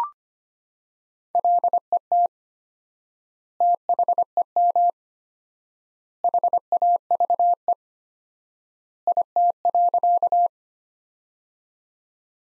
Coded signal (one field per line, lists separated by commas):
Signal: Morse code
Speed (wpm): 25 wpm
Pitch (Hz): 700 Hz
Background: none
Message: LET THEM HAVE IT.